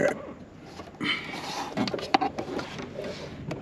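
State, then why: Seated. A replacement clutch hydraulic line quick-connect fitting on an S550 Mustang, fitted after a clutch line failure, is pushed onto its clutch line connection while someone talks. The fitting snaps into place with a sharp click at 2.1 s, seating fully, with a few softer handling knocks around it.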